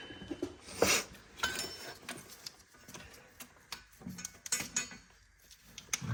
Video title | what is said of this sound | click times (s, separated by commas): How To Replace Ford Expedition Alternator With 5.4 Engine | it just clicked. Tried pulling it back, it's tight. | 5.9 s